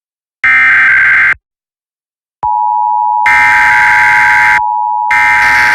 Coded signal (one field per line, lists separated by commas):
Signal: Emergency Alert System (SAME) tones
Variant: header bursts